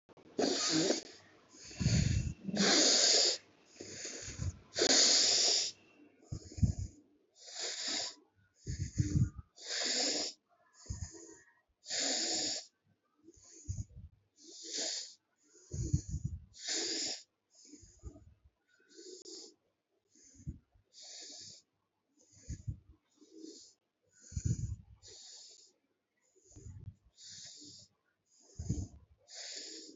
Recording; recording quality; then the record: shallow breathing; excellent, no background noise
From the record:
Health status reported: healthy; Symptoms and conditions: none ticked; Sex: female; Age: 36 years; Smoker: not ticked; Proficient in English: yes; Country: India